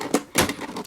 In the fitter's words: Hear a click, give it a pull, and you're good to go.